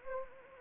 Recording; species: mosquito wingbeat signal from an infrared sensor; Anopheles gambiae